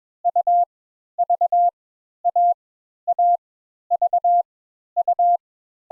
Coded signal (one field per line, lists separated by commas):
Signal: Morse code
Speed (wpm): 21 wpm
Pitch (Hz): 700 Hz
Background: none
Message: U V A A V U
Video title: Morse Code Introductory Lesson 4 Letters A and N